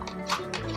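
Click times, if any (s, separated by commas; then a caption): none. A plastic attachment is being pushed onto the nozzle of a hair dryer with a locking mount, with music playing under brief handling knocks at about 0.0, 0.1 and 0.5 seconds. The clip ends before the part goes home, so the attachment has not yet snapped or locked in place.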